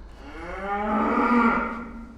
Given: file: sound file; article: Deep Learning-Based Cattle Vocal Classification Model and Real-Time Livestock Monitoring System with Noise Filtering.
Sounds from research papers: cattle; food anticipating call

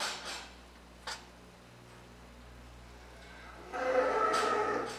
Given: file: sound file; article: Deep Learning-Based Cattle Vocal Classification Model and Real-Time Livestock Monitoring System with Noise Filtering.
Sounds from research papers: cattle; normal call

